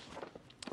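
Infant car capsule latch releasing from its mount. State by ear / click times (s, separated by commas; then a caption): released / 0.6 s. A plastic latch at the back of a Maxi-Cosi infant car capsule is worked to unclip the capsule from its mount so it can be moved onto the pram adapters. After some soft handling knocks, a single sharp click comes at 0.6 s, followed by a quieter knock. The capsule releases.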